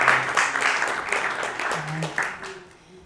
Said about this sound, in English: Maybe we can give him another applause. That's amazing.